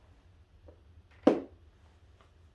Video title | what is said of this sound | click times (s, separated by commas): LS2 Blaze Adventure Helmet Review, pricing!!! | i'm not sure if you can hear the way it locks but it locks really well | 1.3 s